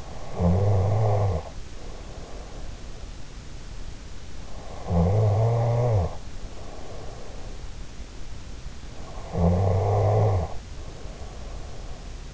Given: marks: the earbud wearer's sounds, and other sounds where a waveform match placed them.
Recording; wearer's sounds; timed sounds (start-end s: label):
sounds in sleep by an in-ear microphone; snoring breath
0.00-2.67 s: snoring breath
4.65-7.62 s: snoring breath
9.27-12.34 s: snoring breath